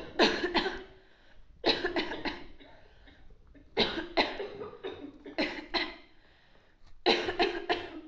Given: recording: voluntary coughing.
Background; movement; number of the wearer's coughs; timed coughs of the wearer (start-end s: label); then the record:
a bystander coughing; sitting; 12
0.16-0.52 s: cough
0.52-0.74 s: cough
1.63-1.93 s: cough
1.93-2.25 s: cough
2.25-2.47 s: cough
3.75-4.04 s: cough
4.14-4.47 s: cough
5.36-5.63 s: cough
5.72-5.99 s: cough
7.03-7.35 s: cough
7.37-7.67 s: cough
7.67-7.99 s: cough
From the record:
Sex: female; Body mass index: 18.3 kg/m2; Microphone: on the chest, facing outward